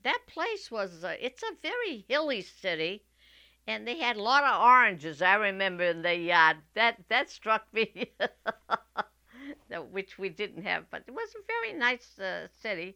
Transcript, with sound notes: That place was, uh, it's a very hilly city, and they had a lot of oranges, I remember, in the yard. That stuck me... ( she laughs ) Which we didn't have, but it was a very nice city.